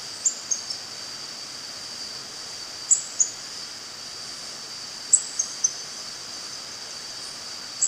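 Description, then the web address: Rufous-rumped antwren calls: very high, thin, short notes in little clusters of two or three, spaced a few seconds apart over a steady hiss. Recorded in Ecuador. "Birds of Ecuador. Rufous-rumped Antwren"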